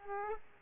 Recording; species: mosquito wingbeat signal from an infrared sensor; Aedes aegypti